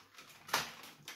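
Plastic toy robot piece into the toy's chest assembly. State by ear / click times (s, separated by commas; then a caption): seated / 0.5 s. A plastic zord piece is slotted into the chest of a toy megazord robot and snaps into place with a sharp plastic crack at 0.5 seconds, after a brief scraping lead-in. A softer second click follows at 1.1 seconds, and the piece is seated.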